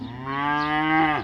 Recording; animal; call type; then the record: contact call of a hoofed animal; cattle; low-frequency (closed-mouth) or high-frequency (open-mouth) call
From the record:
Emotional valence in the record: negative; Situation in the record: full separation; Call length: 1.24 s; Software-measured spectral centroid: 1510 Hz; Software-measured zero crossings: 1830 a second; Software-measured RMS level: -23 dBFS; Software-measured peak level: -10 dBFS